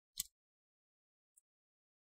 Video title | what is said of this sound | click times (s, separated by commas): How to Upgrade RAM on HP Pavilion x360m 14m-dh1001dx - Step-by-Step Guide | you want to hear some click sound that's normal that's what you want to hear just twist twist | 0.2 s, 1.4 s